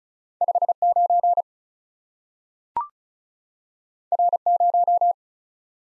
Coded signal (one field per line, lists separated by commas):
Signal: Morse code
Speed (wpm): 36 wpm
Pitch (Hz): 700 Hz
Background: none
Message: 5 9 R 0